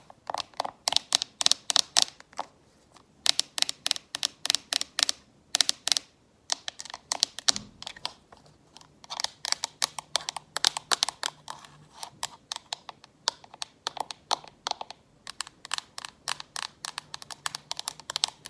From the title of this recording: FAST AND AGGRESSIVE NAIL TAPPING